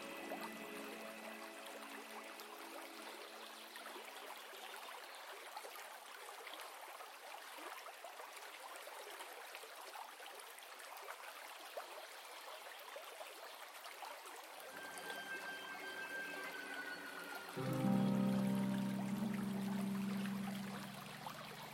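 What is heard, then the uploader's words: A river rushes steadily throughout while violin notes sound softly at the start, rise around fifteen seconds, then swell into a louder low held note. Relaxing violin music with sounds of a river. Relaxing violin music with river sound.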